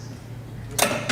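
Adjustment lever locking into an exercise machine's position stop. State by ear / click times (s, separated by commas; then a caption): seated / 1.1 s. Someone pushes up on the seat-adjustment lever of a rotary torso exercise machine and turns it one way, and over a steady low hum a brief broadband rustle is heard around 0.8 s. The lever then locks into a notch at its position stop with a sharp click at 1.1 s, and the adjustment is seated.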